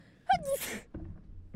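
A single sneeze: a short voiced, rising 'ah' lead-in breaks into a sharp, hissy burst of air lasting about half a second, then quiet room sound. It is an ordinary sneeze, a reflex that clears irritants from the nose.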